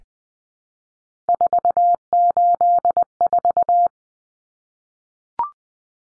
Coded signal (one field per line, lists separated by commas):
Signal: Morse code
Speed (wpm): 20 wpm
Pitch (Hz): 700 Hz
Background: none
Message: 484